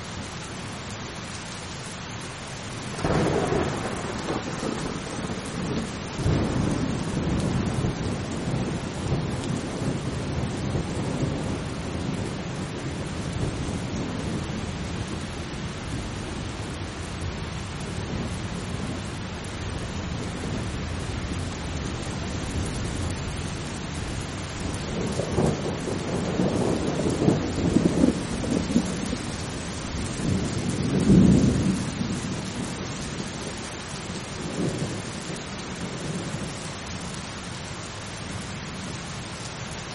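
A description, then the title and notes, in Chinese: A thunderstorm with steady, gentle rain hissing evenly throughout. Deep rolls of thunder rumble in the low end, with a sharper crack near three seconds, a long roll around six to ten seconds, and more rumbling between about twenty-five and thirty-two seconds. 助眠雷雨声：平静的雨。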